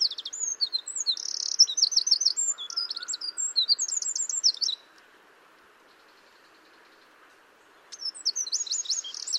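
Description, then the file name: Eurasian wren song: a fast, high, tinkling run of trills and warbles lasting about five seconds, a pause, then a new burst starting near the end. "Troglodytes troglodytes"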